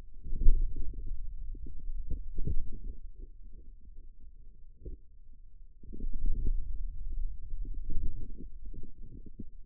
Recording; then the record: forearm muscle sounds (acoustic myography)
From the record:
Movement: pen grasping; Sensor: system 2, bracelet of six BSWA MPA416 microphones around the upper forearm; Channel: 6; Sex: male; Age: 22 years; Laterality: right